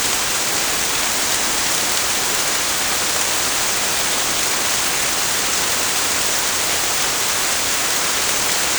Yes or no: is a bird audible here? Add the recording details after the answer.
no. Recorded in pastures near Puerto Asís, Putumayo, Colombia, on 18 December 2024 at 23:00. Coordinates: 0.496, -76.326. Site G004